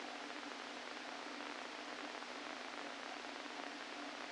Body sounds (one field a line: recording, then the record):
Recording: brain microelectrode recording played as sound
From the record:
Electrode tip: inside the subthalamic nucleus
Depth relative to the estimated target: 1 mm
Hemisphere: left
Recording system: NeuroSet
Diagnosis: Parkinson's disease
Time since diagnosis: 13 years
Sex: male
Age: 49 years